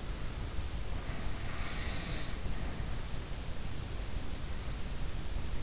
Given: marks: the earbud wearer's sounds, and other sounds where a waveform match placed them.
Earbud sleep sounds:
sounds in sleep by an in-ear microphone; snoring breath
0.87-3.13 s: snoring breath

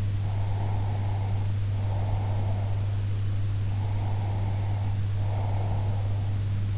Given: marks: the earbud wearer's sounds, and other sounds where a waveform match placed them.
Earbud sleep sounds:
sounds in sleep by an in-ear microphone; breath
0.16-2.99 s: breath
3.70-6.39 s: breath

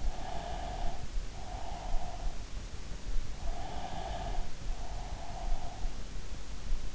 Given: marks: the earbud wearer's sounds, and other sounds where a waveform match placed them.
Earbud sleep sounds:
sounds in sleep by an in-ear microphone; breath
0.04-2.56 s: breath
3.30-6.08 s: breath

